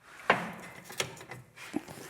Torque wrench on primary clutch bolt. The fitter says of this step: There it went. You can hear it clicking.